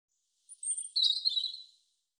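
European robin song, one continuous high phrase mixing a thin sustained whistle with rapid tumbling, trilling notes, lasting just over a second.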